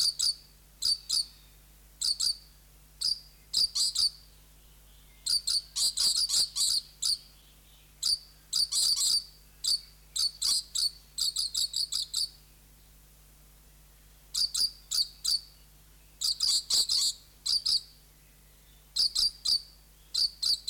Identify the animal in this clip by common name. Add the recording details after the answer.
Coconut Lorikeet. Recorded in captivity. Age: adult. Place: Zoo Berlin, Berlin, DE. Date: 1992-06-20 11:52. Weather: wolkig-heiter, 20-24°C. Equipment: Marantz CP 430, Sennheiser ME 80, Kopie Tesla B 116. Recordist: Tembrock, Günter. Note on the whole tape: Paar, erst Kontaktlaute, dann Erregung auf Mikro bezogen (Abstand ca. 30cm), Dauer ca. 4 min